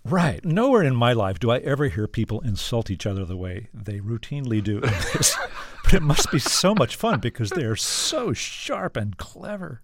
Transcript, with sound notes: and...
Right. Nowhere in my life do I ever hear people insult each other the way they routinely do in this...
(Laughter).
...But it must be so much fun because they are so sharp and clever.